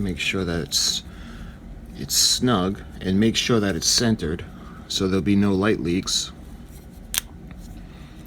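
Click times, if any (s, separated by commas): 7.2 s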